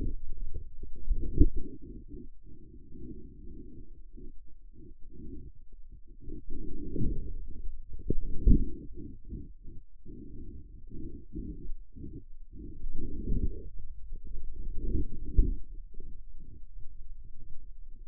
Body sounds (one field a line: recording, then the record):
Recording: forearm muscle sounds (acoustic myography)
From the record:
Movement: outward rotation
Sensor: system 2, bracelet of six BSWA MPA416 microphones around the upper forearm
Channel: 6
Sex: male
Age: 22 years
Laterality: right